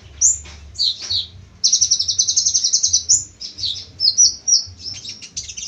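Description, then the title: Small bird singing a high-pitched song of varied chirps and a fast rapid trill of repeated notes, with short whistled phrases and little else audible besides a faint low hum. "Burung Kecil"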